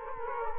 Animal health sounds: mosquito wingbeat signal from an infrared sensor; Culex quinquefasciatus

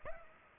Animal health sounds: mosquito wingbeat signal from an infrared sensor; Culex pipiens

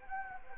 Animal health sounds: mosquito wingbeat signal from an infrared sensor; Anopheles gambiae

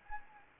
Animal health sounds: mosquito wingbeat signal from an infrared sensor; Anopheles gambiae

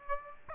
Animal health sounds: mosquito wingbeat signal from an infrared sensor; Aedes aegypti

